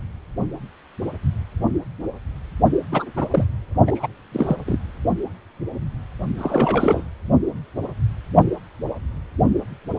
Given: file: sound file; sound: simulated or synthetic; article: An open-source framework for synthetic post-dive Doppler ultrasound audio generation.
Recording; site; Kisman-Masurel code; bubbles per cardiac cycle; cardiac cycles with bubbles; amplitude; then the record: Doppler ultrasound audio after a dive; precordial; 222; several, 3–8; 10–50%; moderate amplitude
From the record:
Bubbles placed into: partial cardiac cycles